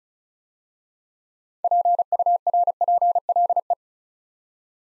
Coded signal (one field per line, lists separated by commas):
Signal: Morse code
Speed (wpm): 34 wpm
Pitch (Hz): 700 Hz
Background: none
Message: PURPLE